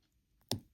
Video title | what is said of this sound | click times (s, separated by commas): FABER CASTELL SCHOOL+ FOUNTAIN PEN REVIEW | There's the click. | 0.5 s